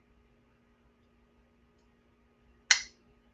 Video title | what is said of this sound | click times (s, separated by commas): Morning Doody LIVE! wake up sleepy head | It's such a solid click. | 2.7 s